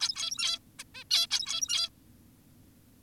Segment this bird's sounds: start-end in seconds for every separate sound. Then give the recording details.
0.01-0.59, 0.79-0.84, 0.95-1.04, 1.11-1.27, 1.31-1.90. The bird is an adult. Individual g17y2U